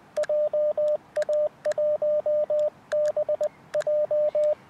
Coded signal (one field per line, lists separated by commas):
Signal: Morse code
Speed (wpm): 20 wpm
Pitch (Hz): 600 Hz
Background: radio noise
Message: JA1BJ